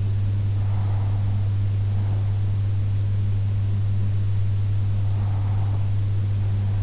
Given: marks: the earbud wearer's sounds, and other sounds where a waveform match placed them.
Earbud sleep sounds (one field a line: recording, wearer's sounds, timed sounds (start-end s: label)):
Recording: sounds in sleep by an in-ear microphone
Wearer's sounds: breath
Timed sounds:
0.84-2.84 s: breath
4.84-6.83 s: breath